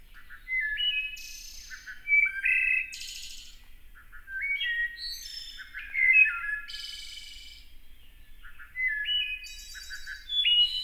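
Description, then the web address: Wood thrush singing several flute-like phrases, each with soft low introductory notes, a liquid whistled middle and a high trill. North America. "Songs of Birds of North America Know Your Bird Sounds Common Western Species. Wood Thrush"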